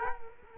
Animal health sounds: mosquito wingbeat signal from an infrared sensor; Culex quinquefasciatus

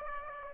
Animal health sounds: mosquito wingbeat signal from an infrared sensor; Aedes aegypti

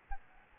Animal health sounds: mosquito wingbeat signal from an infrared sensor; Aedes albopictus

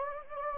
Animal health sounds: mosquito wingbeat signal from an infrared sensor; Anopheles gambiae

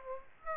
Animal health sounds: mosquito wingbeat signal from an infrared sensor; Aedes aegypti

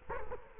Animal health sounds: mosquito wingbeat signal from an infrared sensor; Culex quinquefasciatus

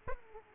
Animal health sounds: mosquito wingbeat signal from an infrared sensor; Aedes aegypti

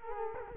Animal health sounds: mosquito wingbeat signal from an infrared sensor; Culex quinquefasciatus

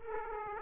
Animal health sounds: mosquito wingbeat signal from an infrared sensor; Aedes aegypti

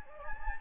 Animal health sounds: mosquito wingbeat signal from an infrared sensor; Anopheles gambiae

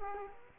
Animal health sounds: mosquito wingbeat signal from an infrared sensor; Culex quinquefasciatus

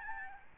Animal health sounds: mosquito wingbeat signal from an infrared sensor; Aedes albopictus

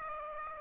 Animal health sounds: mosquito wingbeat signal from an infrared sensor; Aedes aegypti

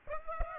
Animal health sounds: mosquito wingbeat signal from an infrared sensor; Aedes aegypti

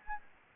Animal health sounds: mosquito wingbeat signal from an infrared sensor; Anopheles gambiae

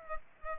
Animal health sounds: mosquito wingbeat signal from an infrared sensor; Culex pipiens

